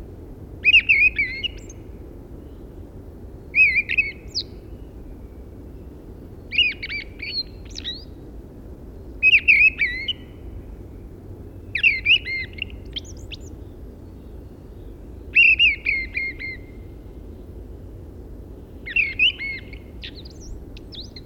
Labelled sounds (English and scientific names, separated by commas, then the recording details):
Fieldfare (Turdus pilaris) song
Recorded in the wild
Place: Liddower Haken, Insel Rügen, Mecklenburg-Vorpommern, DE
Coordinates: 54.5667, 13.3833
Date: 1970-03-04
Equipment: Nagra III BH, Sennheiser MD 21, parabola
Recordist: Schubert, Michael
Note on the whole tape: Ges. Misteldrossel, Liddower Haken